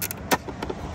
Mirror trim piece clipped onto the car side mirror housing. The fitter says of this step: once it's out a little bit here you should be able to just pop it off